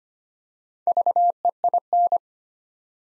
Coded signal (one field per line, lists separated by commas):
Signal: Morse code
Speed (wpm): 25 wpm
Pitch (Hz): 700 Hz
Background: none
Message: VEIN